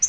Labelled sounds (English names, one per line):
Yellow-rumped Warbler flight call